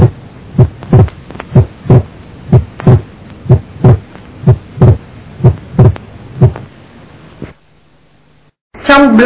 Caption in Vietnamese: Trong block nhánh phải, do khử cực thất phải chậm hơn thất trái, làm van động mạch phổi đóng muộn. Hai thành phần của tiếng thứ hai tách đôi càng xa nhau khi bệnh nhân hít sâu vào. Đây là đặc điểm quan trọng để chẩn đoán.